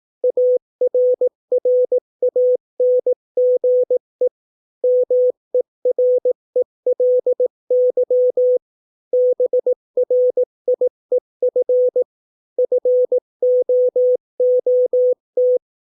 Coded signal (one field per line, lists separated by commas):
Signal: Morse code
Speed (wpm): 18 wpm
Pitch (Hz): 500 Hz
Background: none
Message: ARRANGE MERELY BRIEF FOOT